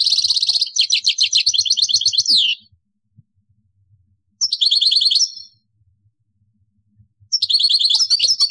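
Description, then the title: European goldfinch song: bursts of rapid, tinkling, buzzy twitters high in pitch, three phrases separated by pauses of about two seconds. "Chant Chardonneret"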